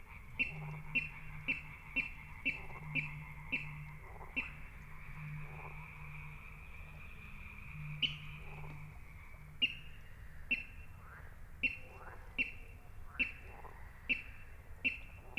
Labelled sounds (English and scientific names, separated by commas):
Water Rail (Rallus aquaticus)